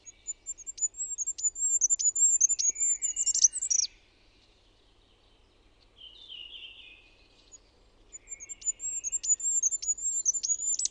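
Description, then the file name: Goldcrest singing two high, thin, rhythmic phrases, the first ending in a short flourish, separated by a pause with a faint lower warble. "HIPPIAINEN"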